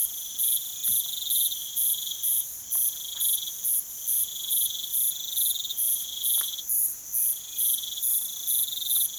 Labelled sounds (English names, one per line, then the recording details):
none
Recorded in pastures near Puerto Asís, Putumayo, Colombia, on 19 June 2025 at 04:30
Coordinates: 0.487, -76.322
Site H26